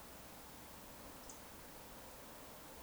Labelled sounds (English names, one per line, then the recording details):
Eurasian Woodcock whistle
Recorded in Baden-Württemberg, Germany, on 3 June 2021 at 20:12 UTC
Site 49334, 1074 m above sea level